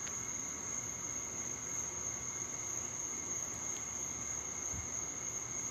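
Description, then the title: Cricket trills continuously at a high, even pitch for several seconds, with a couple of faint clicks and a low thud near the end. "Cricket Therapy"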